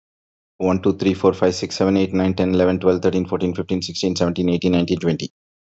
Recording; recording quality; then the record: counting at a fast pace; excellent, no background noise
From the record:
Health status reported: healthy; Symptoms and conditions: none ticked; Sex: male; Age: 52 years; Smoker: not ticked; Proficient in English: yes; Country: India